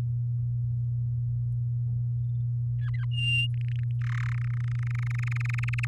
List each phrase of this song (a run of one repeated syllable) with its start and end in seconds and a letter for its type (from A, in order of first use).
2.81-3.05 A, 3.11-3.47 B, 3.54-3.84 C, 4.01-4.35 D, 4.38-5.85 E